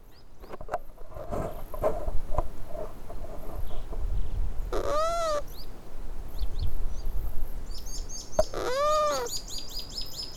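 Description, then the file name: Llama calls: two loud arched harmonic calls about four seconds apart, each lasting under a second, over steady background noise and a few faint bird chirps. Recorded in Merlo, San Luis, Argentina, January 2013. "Llama Merlo San Luis Arg Enero 2013"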